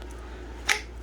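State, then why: Seated. A plastic fuse box cover on a Can-Am Ryker motorcycle is pressed back onto the fuse block after a new 5 amp fuse is fitted to fix a Power Vision 3 (PV3) that won't power on. Over a steady low hum, a single sharp, bright snap is heard at 0.7 s as the cover seats in place.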